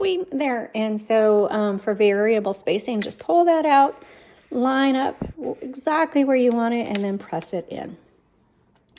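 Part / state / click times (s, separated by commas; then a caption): variable line spacer release on a typewriter platen knob / seated / 9.0 s. Someone talks while setting the platen of a 1952 Smith Corona Silent typewriter for variable line spacing, then presses the metal variable line spacer release lever on the left platen knob back in. It seats with a short, sharp click at 9.0 s, just after the talking stops.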